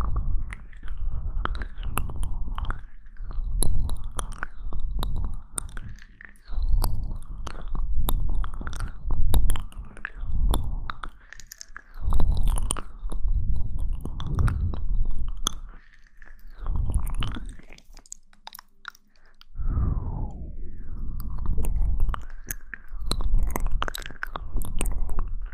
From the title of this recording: Mouth Sounds